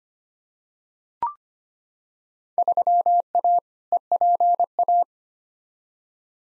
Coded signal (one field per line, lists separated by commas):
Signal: Morse code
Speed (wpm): 25 wpm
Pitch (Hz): 700 Hz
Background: none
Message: 3A EPA